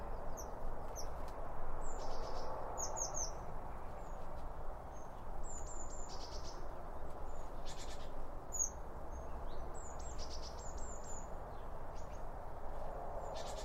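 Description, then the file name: Birds chirping: many short high thin tweets and whistled notes scattered throughout, over a constant low rumbling background. Birds around a bird feeder, recorded with two Line Audio OM 1 microphones. "Birds Around Birdfeeding With Two Om 1 From Line Audio"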